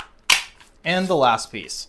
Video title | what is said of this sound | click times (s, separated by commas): Is The Levoit LVAC-300 Actually Worth It? Anti-Wrap Cordless Vacuum Review & Test | Now we're gonna put this on, and it also clips right in. | 0.3 s